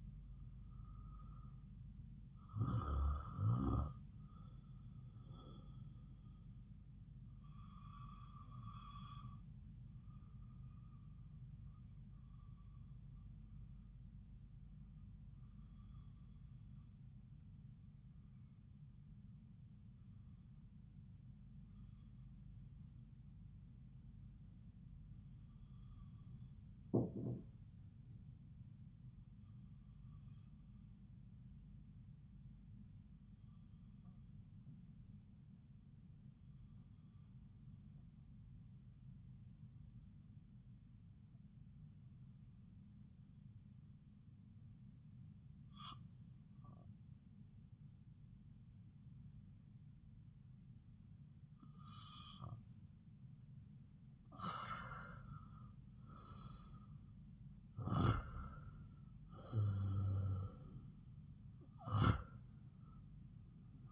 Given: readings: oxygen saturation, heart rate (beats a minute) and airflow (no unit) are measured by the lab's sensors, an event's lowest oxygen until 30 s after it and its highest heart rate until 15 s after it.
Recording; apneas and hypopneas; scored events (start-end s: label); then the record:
breathing in sleep by a smartphone at the bedside; 1
16.00-56.40 s: hypopnea (REM, oxygen 97% highest, then 82% lowest)
From the record:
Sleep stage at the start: REM sleep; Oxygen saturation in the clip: 86 to 97%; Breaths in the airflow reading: 9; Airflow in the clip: -8.3 to 5.8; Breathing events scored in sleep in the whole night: 270 in 6.1 hours asleep